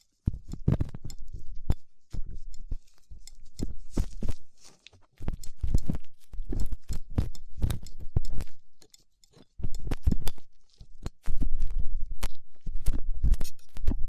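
Ear cleaning with latex gloves and tools: irregular crackling, rubbing and sharp clicking bursts come in clustered runs, with thumpy low scrapes beneath. Short silent gaps break the activity near 2, 5, 9.5 and 11 seconds before the scratching resumes.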